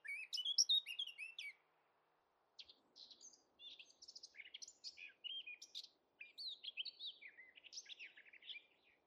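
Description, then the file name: Eurasian blackcap song: a loud, fast, rich warble for over a second, a short silence, then a steady run of quieter chattering, twittering notes. "Sylvia atricapilla"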